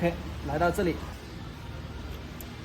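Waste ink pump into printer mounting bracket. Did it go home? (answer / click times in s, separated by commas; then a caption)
yes / 2.4 s. Someone talks while a replacement waste ink pump for a 2023 ACHI A3 Roll DTF printer is lined up with the screw holes and pressed into its mounting bracket in the printer frame. A single short snap is heard at 2.4 s as the pump seats fully into its mount with no gap.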